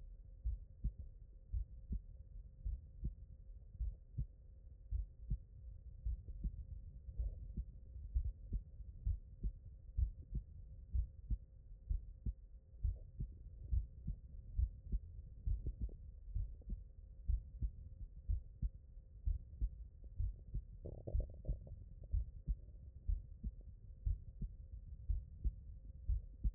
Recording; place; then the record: heart sounds by stethoscope; mitral valve (MV)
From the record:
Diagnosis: non-HFrEF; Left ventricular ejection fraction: 67%